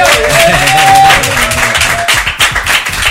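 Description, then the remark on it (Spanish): A crowd breaks into loud, sustained applause for members of a music group being introduced, dense clapping filling the air with a few whoops and cheers rising above it before the clapping begins to thin out. “Ahora sí que le damos un fuerte aplauso.”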